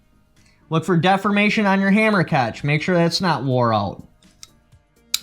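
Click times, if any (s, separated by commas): 5.1 s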